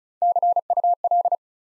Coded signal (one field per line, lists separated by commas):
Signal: Morse code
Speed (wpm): 36 wpm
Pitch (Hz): 700 Hz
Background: none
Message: CUL